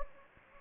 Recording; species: mosquito wingbeat signal from an infrared sensor; Anopheles gambiae